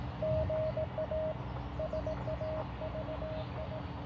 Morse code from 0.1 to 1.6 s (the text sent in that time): GA